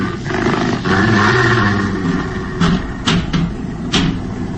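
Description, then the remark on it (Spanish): A deep, rumbling snarl at night from a dog or wolf-like beast, sustained and growling, punctuated by a few sharp scraping or knocking sounds toward the end. “Confundido entre las sombras de la noche, no puede saberse si es un perro hambriento, un lobo que ha bajado desde las cercanas montañas en busca de alimento, o un extraño y siniestro lobo humano.”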